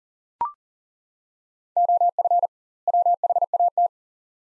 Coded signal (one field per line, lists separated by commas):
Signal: Morse code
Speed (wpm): 37 wpm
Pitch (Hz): 700 Hz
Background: none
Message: OF WHAT